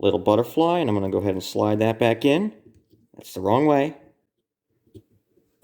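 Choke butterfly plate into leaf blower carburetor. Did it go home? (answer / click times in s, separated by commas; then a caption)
no / none. Someone talks while handling a leaf blower carburetor's choke butterfly plate, realigning it after first trying to slide it in the wrong way. Only faint handling sounds follow the speech, and nothing has seated or clicked yet.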